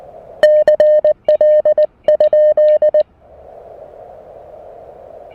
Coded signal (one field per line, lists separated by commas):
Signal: Morse code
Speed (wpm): 20 wpm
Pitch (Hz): 610 Hz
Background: music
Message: CL?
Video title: First POTA activation with the new Mountain Topper MTR-4B V2!